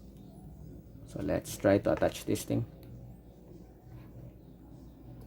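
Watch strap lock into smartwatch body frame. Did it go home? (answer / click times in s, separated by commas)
no / none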